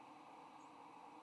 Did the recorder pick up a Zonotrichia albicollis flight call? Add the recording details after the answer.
no. Another species' flight call is heard. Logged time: 10:19 on 15 November 2014